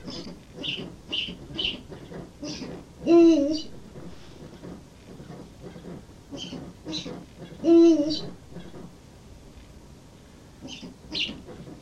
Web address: washimimisuku washimimisukuno sheng